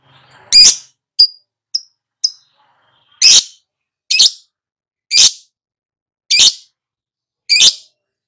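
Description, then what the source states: Lovebird calling with shrill, harsh squawks about once a second, mixed with a few short thin chirps early on. Prompting track (pancingan) meant to get a lovebird to respond and sing vigorously (gacor).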